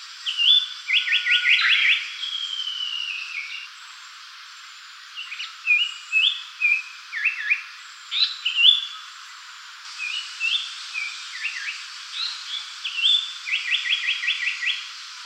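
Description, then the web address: Japanese paradise flycatcher singing: a rapid run of sharp chirps, a long whistled note, then scattered short phrases and a fast series of notes near the end. Recorded 8 July 2013. "birdenaga sankoutyou 130708"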